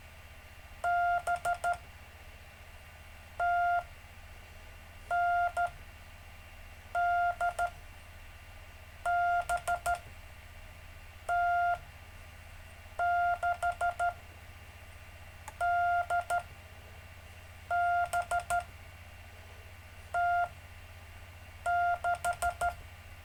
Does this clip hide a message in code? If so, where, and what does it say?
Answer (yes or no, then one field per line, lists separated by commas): yes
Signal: Morse code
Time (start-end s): 0.8-22.7 s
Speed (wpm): 13 wpm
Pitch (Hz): 700 Hz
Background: none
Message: BTNDBT6DBT6